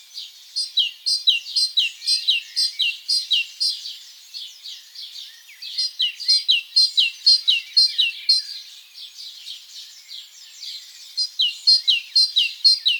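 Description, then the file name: Great tit song: three bursts of ringing, high two-note phrases repeated steadily at about two per second, separated by brief quieter gaps. "Parus major"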